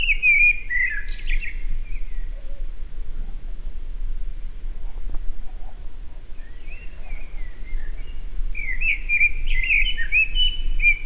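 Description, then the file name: Eurasian blackbird song: a warbling fluty phrase at the start and another longer burbling one near the end, with a faint high insect buzz and low rumble behind. "Turdus merula"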